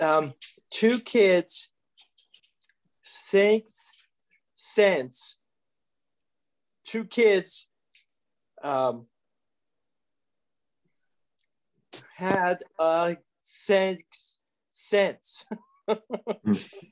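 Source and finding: Adult male speaking. Aphasia.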